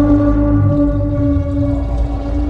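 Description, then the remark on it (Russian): A deep whale call: one long, steady droning moan with rich, buzzing harmonics, loud and unbroken for the whole stretch, with no voices. “Так-так, это я не совсем разобрала. Либо он велит нам заплыть подальше в глотку, либо он хочет сидеть и пить водку.”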